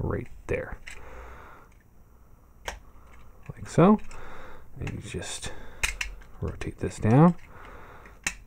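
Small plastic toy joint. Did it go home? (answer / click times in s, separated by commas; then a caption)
yes / 8.3 s. A part of a plastic Transformers Combiner Wars First Aid toy robot is rotated down during transformation while someone talks, with faint plastic clicks and handling. A single sharp snap at 8.3 s marks the part locking into place with a nice heavy lock.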